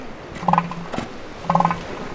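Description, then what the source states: Northern elephant seal growling, two low pulsed throbbing bursts about a second apart, each a rapid series of engine-like knocks. Sexually mature males growling during fights at the beginning of mating season, sound likened to a diesel engine; colony of about 23,000 seals, Piedras Blancas, California coast.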